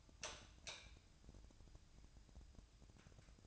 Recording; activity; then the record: daily activity, microphone in the room; light on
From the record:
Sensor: 2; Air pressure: 999.9 hPa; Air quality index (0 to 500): 116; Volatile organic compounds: 2 ppm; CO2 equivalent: 1004 ppm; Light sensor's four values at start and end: 39/98/42/47 and 44/115/48/54